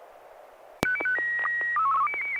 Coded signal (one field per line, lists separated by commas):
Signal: SSTV (slow-scan television)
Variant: Martin 1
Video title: N6NA SSTV Net - 10/14/2020